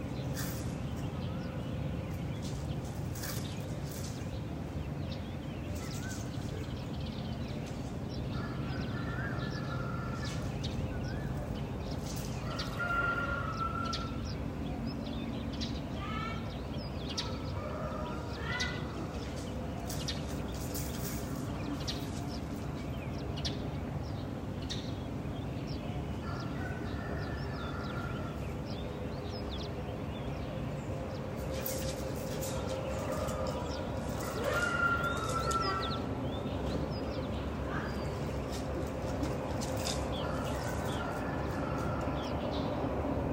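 Birds call one after another, some chirping busily, others giving repeated two-note cuckoo-like calls, with short bursts scattered across the clip and a cluster near 13 and 35 seconds. Underneath runs a steady low rumble, like a vehicle or machinery, that never lets up.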